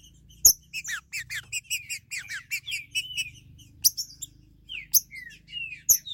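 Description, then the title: Green-winged saltator singing a quick run of sharp chips and short slurred whistles, pausing, then adding a few descending whistled notes and sharp clicks. "Trinca Ferro"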